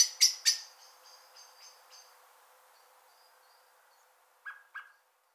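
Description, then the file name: Common blackbird call notes: three loud sharp clicks at the start, several fainter notes, then two more clipped chinks near the end. "Turdus merula"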